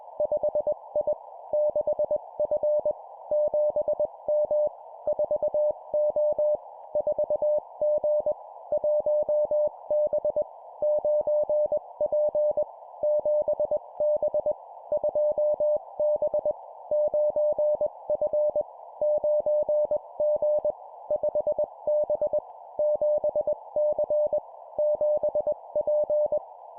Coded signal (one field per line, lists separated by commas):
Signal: Morse code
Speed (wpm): 21 wpm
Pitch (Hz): 600 Hz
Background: none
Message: 5I 6F 7M 4O 4G 1B 9P 7B 2B 9F 9G 5B 7C 7P